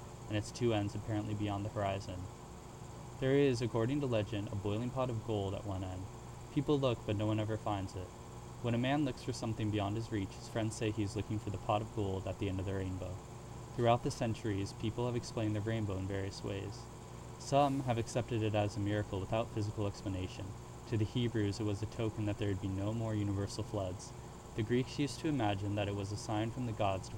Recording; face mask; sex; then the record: reading aloud; surgical mask; male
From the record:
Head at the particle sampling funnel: tilted up or above it, chin in front of it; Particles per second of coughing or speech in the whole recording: 0.0361